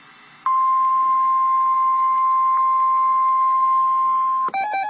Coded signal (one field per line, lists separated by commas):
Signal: Emergency Alert System (SAME) tones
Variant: 1050 Hz attention tone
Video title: REAL EAS 329-Flash flood warning